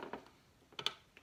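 Two small wire connectors are plugged back into the circuit board of a Young Living home diffuser. After a few faint handling taps, a sharp little snap is heard at 0.8 s and again at 0.9 s, followed by one more light tap near the end. The connectors are confirmed seated.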